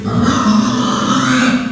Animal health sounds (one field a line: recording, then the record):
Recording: squeal of a Yucatan mini pig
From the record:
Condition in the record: after surgery on the right vocal fold (resection and tissue-engineered implant)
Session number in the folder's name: 13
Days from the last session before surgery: 113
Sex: female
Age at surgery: 19 weeks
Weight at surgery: 25 kg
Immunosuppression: prednisolone